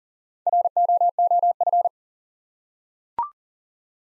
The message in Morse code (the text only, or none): ROOF